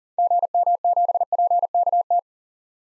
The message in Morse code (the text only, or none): GM7PKT